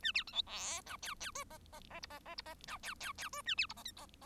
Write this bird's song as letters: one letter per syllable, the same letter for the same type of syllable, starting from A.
A B C D E F G G H I I I J I I J I F G G G H A B J I K